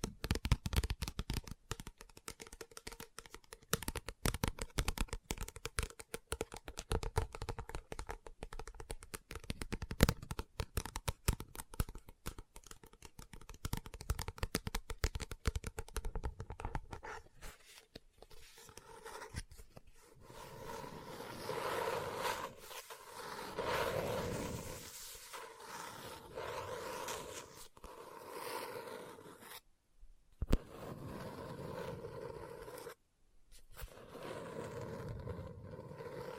Book Tapping, Scratching, Page Turning